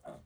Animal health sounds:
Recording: pig call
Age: piglet (1 to 25 days)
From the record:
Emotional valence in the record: negative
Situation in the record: restrain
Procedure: back test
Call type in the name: low-frequency call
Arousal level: maximum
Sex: male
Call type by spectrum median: low-frequency call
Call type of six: low-frequency stable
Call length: 0.26 s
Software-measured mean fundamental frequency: 49 Hz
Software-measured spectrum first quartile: 324 Hz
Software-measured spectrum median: 596 Hz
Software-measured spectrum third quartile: 802 Hz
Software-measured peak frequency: 654 Hz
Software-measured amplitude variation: 188 dB a second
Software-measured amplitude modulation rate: 19.1 a second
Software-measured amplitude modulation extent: 9.8 dB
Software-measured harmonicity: 3.9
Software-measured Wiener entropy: -0.25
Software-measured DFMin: 848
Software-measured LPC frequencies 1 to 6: 639, 1286, 3488, 6501, 7324, 8670 Hz

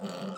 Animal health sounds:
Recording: pig call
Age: piglet (1 to 25 days)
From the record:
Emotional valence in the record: negative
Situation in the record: long isolation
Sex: female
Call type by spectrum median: low-frequency call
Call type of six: mixed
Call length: 0.37 s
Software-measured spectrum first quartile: 234 Hz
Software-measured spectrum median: 529 Hz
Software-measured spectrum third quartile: 1361 Hz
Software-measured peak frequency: 193 Hz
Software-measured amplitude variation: 130 dB a second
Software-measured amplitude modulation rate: 20.2 a second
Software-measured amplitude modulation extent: 6.4 dB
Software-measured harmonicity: 3.4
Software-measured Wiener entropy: -0.95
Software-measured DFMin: 846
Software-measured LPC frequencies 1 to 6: 488, 1308, 3050, 3692, 4506, 5566 Hz

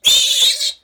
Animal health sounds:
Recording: pig call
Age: piglet (1 to 25 days)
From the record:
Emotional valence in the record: negative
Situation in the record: restrain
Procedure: back test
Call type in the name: high-frequency call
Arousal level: maximum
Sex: male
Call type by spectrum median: high-frequency call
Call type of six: high-frequency stable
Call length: 0.84 s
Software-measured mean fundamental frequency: 540 Hz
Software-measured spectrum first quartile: 3542 Hz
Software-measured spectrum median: 4180 Hz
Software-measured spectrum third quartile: 6703 Hz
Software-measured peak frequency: 3669 Hz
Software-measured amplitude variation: 180 dB a second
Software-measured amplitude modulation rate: 14.9 a second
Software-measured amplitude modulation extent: 12.1 dB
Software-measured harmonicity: 6.4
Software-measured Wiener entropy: -2.80

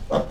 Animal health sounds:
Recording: pig call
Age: piglet (1 to 25 days)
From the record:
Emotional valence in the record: positive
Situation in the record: reunion after long isolation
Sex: male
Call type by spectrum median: low-frequency call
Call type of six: low-frequency tonal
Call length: 0.31 s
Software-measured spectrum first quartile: 201 Hz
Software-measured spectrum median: 497 Hz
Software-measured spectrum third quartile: 707 Hz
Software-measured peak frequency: 524 Hz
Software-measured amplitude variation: 189 dB a second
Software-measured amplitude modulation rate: 11.3 a second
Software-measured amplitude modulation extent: 16.7 dB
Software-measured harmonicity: 2.0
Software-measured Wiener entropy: -1.02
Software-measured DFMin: 1073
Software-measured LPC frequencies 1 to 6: 569, 1106, 3149, 3493, 4534, 5273 Hz

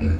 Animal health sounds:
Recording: pig call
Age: growing-finishing pig (85 days or more)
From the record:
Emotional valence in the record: negative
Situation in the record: barren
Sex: male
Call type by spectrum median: low-frequency call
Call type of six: low-frequency stable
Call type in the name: low-frequency modulated, not sure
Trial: 3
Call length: 0.20 s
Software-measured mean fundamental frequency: 44 Hz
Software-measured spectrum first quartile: 82 Hz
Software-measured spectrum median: 136 Hz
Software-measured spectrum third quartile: 296 Hz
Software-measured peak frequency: 74 Hz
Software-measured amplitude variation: 106 dB a second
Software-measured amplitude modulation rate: 24.6 a second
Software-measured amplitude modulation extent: 4.3 dB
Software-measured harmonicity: -5.5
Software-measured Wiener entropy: -1.13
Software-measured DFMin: 1319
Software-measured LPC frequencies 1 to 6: 1516, 2577, 4539, 6948, 8390, 9660 Hz

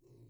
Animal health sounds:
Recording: pig call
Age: weaner (32 to 43 days)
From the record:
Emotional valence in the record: negative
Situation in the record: restrain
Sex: male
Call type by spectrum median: low-frequency call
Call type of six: low-frequency stable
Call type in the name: low-frequency stable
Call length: 0.29 s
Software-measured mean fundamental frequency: 52 Hz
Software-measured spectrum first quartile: 118 Hz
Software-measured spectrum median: 246 Hz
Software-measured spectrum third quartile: 541 Hz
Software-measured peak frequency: 123 Hz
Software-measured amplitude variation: 114 dB a second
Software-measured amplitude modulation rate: 15.3 a second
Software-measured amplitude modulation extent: 7.5 dB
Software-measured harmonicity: -0.2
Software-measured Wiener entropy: 0.89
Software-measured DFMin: 1297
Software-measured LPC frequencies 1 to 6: 327, 2258, 3981, 5405, 6572, 7468 Hz

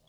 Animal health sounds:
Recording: pig call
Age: piglet (1 to 25 days)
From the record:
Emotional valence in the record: positive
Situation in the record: reunion after long isolation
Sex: male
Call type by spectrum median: low-frequency call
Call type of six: low-frequency stable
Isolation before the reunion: 8 minutes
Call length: 0.09 s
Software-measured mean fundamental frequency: 38 Hz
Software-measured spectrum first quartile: 332 Hz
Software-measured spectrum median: 1981 Hz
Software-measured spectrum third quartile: 4312 Hz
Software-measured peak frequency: 3429 Hz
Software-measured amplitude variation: 98 dB a second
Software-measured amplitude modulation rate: 16.1 a second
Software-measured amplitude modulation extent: 6.1 dB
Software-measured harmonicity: 3.8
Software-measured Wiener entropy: -2.25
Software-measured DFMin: 681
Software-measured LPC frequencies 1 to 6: 636, 3383, 4695, 6888, 7772, 9913 Hz

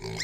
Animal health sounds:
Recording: pig call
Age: weaner (32 to 43 days)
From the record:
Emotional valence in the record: negative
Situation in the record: short isolation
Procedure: open field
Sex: female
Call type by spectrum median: high-frequency call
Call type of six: mixed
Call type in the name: high-frequency modulated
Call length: 0.23 s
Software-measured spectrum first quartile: 661 Hz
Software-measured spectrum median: 2200 Hz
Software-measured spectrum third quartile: 5235 Hz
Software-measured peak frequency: 2091 Hz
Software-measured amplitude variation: 128 dB a second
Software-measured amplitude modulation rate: 32.2 a second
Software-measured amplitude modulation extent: 4.0 dB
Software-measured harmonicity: 4.4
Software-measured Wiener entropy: -2.79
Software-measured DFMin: 1051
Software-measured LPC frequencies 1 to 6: 2072, 3519, 4163, 5028, 5482, 6243 Hz

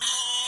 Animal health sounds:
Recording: pig call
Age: weaner (32 to 43 days)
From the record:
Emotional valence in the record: negative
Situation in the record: restrain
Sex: male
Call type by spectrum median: high-frequency call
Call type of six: high-frequency stable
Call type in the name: high-frequency stable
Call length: 0.49 s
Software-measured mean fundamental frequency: 246 Hz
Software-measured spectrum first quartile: 3047 Hz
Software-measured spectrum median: 4172 Hz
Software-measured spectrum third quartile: 7193 Hz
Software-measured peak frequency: 2953 Hz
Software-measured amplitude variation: 74 dB a second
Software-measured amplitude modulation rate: 22.5 a second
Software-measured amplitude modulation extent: 3.3 dB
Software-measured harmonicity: 7.1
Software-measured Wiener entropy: -2.46

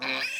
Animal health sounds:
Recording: pig call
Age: piglet (1 to 25 days)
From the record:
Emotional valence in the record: negative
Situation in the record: short isolation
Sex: male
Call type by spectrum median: high-frequency call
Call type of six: mixed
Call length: 0.40 s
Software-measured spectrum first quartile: 1815 Hz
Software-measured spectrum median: 2506 Hz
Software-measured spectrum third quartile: 3570 Hz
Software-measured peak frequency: 2402 Hz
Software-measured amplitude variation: 83 dB a second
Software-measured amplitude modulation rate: 27.5 a second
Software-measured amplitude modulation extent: 3.0 dB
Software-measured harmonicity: 3.5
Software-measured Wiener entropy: -1.81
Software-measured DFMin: 730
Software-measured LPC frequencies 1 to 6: 803, 1781, 2467, 3991, 4917, 6273 Hz

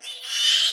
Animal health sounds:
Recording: pig call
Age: piglet (1 to 25 days)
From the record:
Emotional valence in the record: negative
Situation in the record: restrain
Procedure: in the arms of a person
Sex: male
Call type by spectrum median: high-frequency call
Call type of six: high-frequency modulated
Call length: 0.72 s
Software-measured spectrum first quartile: 3021 Hz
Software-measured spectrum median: 3500 Hz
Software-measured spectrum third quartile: 4724 Hz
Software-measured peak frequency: 3007 Hz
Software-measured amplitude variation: 106 dB a second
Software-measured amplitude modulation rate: 20.1 a second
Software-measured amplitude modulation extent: 5.3 dB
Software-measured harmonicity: 4.0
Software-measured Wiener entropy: -2.54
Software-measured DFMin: 963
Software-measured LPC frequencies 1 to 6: 1758, 3030, 3486, 4814, 5748, 7389 Hz

